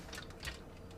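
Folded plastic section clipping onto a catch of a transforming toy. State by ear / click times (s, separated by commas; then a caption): not seated / none. A Z-folded plastic section of a Transformers Beast Wars Optimus Primal four-mode gorilla transforming toy is folded back and moved toward a catch that will fix the cockpit position. Only soft handling rustles and faint plastic ticks are heard over a low steady background. Nothing has seated or clicked yet.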